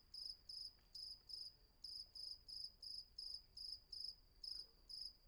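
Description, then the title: Cricket giving rhythmic pulsed chirps, about three every second with small gaps, the sound steady and high against a quiet backdrop. Night ambience on Patmos, Vagia, Greece; recorded with a Fostex FR-2 and an MKH800 microphone. "Patmos, Vagia, Griechenland - Nachtsimmung 03, Grillen"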